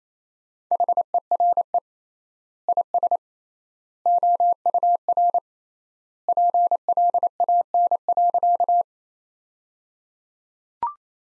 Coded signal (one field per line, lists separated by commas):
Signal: Morse code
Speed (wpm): 28 wpm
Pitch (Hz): 700 Hz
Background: none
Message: HERE IS OUR PLAN.